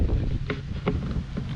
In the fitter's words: only kind of meets up one way it locks into place a little and then